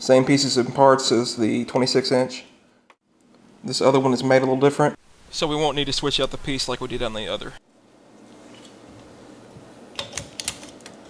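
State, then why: Not seated. A man talks while a 20-inch passenger-side wiper blade is handled at the wiper arm of a 2007–2013 Lincoln MKX / Ford Edge. After the talking, there is a quiet stretch with a few faint light ticks around 10.0–10.5 seconds. Nothing has seated or clicked yet.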